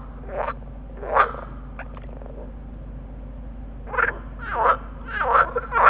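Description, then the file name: Water frogs croaking with rough, rattling bursts, a few early calls, a lull, then overlapping croaks building toward the end, over a low hum. Water frogs calling together in a chorus. "groenekikker roepkoor"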